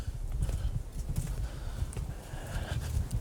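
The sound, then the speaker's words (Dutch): Footsteps cross a small, slippery bridge with some leaves lying on it, leaving the Langtong, a steady run of hollow, knocking thuds that fall in an even walking rhythm for a few seconds, with no voices over them. “We steken nu een bruggetje over. Dus we verlaten de Langtong. Het is trouwens een glad bruggetje, want er liggen nog wat bladeren op.”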